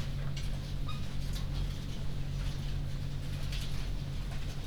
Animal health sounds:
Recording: poultry house recording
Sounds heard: sick chickens (respiratory disease)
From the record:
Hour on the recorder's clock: 20

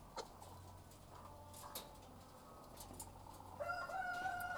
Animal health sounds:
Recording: poultry house recording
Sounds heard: sick chickens (respiratory disease)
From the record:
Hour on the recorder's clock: 12

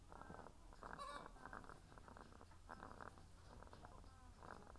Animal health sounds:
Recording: poultry house recording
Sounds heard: sick chickens (respiratory disease)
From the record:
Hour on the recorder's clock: 17

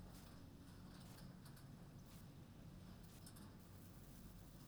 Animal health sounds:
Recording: poultry house recording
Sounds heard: no chicken sound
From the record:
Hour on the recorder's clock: 20

